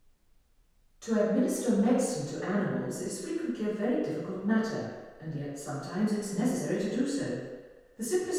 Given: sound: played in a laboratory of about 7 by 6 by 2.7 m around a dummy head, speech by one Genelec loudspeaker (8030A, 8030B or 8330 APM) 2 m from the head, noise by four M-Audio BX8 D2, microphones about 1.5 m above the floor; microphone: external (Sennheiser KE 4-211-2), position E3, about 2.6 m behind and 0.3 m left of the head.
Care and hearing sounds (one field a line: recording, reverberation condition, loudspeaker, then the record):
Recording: female speech in English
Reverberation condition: high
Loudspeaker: 90 degrees to the right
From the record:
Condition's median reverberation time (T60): about 1300 ms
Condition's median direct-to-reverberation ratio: about -4.0 dB